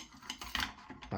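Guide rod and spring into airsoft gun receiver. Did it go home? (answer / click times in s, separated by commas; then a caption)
yes / 0.5 s. During reassembly of a VFC M249 GBB airsoft gun, the guide rod and spring are fitted into the receiver, making a series of light, sharp plastic-and-metal clicks and taps. The loudest click, at 0.6 s, is the guide rod and spring locking into place, followed by a softer click near 1.0 s and a dull low thud at the end.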